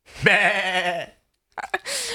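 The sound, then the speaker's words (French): A person imitates a sheep with one drawn-out, nasal bleat lasting about a second, as the first clue of a charade. After a short pause come a few breathy, clicking mouth sounds and the start of speech. “Mon premier est le bruit que fait un mouton.”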